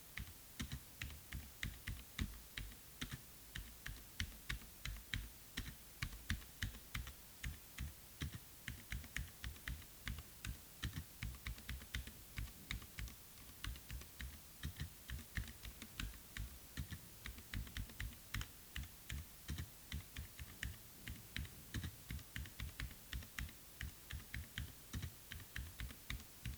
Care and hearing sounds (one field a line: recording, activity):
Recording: daily activity, guitar pickup as the sensor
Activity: type